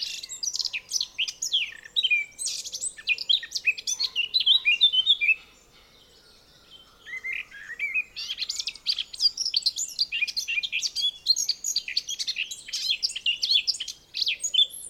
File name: Sylvia atricapilla